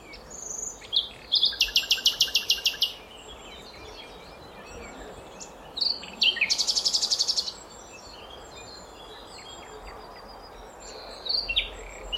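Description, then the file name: Common nightingale song with two loud, fast rattling trills separated by pauses, mixed with chips, slurred whistles and brief high notes. "Luscinia megarhynchos"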